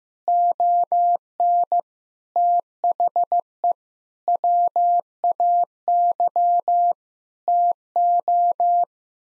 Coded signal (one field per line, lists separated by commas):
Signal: Morse code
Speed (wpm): 16 wpm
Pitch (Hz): 700 Hz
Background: none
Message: ON THE WAY TO